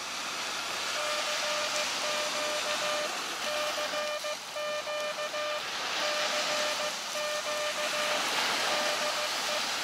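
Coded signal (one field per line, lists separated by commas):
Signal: Morse code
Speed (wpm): 15 wpm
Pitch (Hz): 600 Hz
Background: none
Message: CQ CQ CQ DE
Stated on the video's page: QRP CW contacts from a beach in a park using an Elecraft KX2 with an end-fed antenna.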